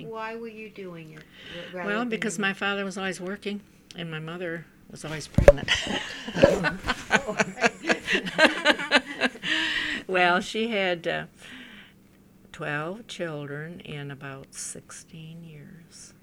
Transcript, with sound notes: Why were you doing this? What...
Well, because my father was always working, and my mother was always pregnant. ( they laugh ) Well, she had twelve children in about sixteen years.